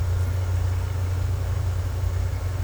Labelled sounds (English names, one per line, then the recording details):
none
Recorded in secondary vegetation near Puerto Asís, Putumayo, Colombia, on 20 December 2024 at 10:00
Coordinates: 0.468, -76.324
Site G095